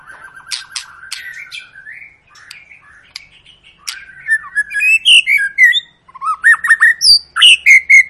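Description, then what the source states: White-rumped shama song opening with level whistles and sharp clicks, then loud, quick repeated upslurred notes. Lure of long, continuous song, used to make other birds sing.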